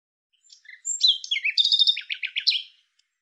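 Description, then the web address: Bird singing a busy, jumbled phrase of high whistles, quick trills and descending chirps in rapid succession; nothing else audible. Audio cleaned and normalized. "cianscape birddata Deverinetal 2025 File cleaned normalized Bird Lu Me Lu Me"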